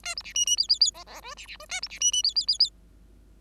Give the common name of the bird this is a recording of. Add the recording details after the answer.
Bengalese Finch. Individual Bird5